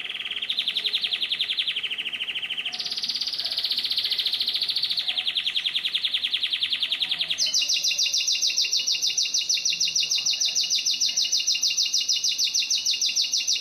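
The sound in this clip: Canary song of continuous rapid trills, several tours changing pitch, ending in a bright high rolling trill sustained for several seconds.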